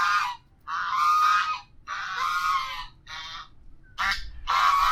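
Goose honking, a run of loud, harsh, nasal honks up to about a second long, with short gaps between calls.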